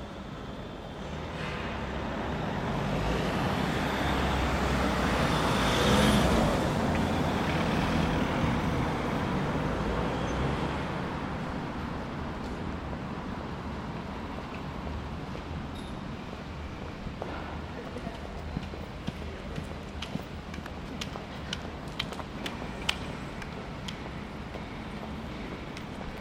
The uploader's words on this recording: Mortimer Street London. I was early for a job in Central London so was waiting on the corner of Mortimer Street and Berners Street to kill some time, or rather, make a field recording. The location of the recording is in the street, not from the vantage point of the photograph.